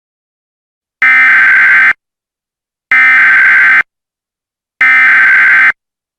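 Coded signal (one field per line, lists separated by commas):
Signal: Emergency Alert System (SAME) tones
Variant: header bursts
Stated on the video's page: Fictional nuclear war EAS scenario with valid tones.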